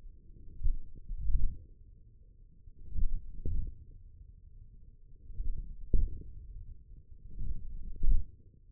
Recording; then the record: forearm muscle sounds (acoustic myography)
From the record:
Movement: wrist flexion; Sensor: system 1, eight BSWA MPA416 microphones around the upper forearm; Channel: 3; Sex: male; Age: 28 years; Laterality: right